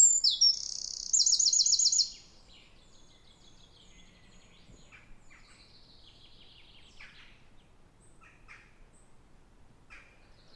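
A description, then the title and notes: Birds sing in a forest, opening with a loud, high and fast trilling song that lasts about two seconds. After that, quieter chirps and short calls come every second or so over a faint, low background hush. Forest Nature Sounds Birds Singing. Relax to the calming sound of a natural forest surrounding Bothwell Castle in Scotland.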